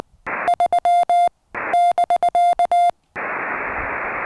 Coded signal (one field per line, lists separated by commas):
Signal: Morse code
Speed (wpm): 19 wpm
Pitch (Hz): 700 Hz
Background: radio noise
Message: 3 <BK>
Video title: Improve DX Summit to Summit (S2S) Success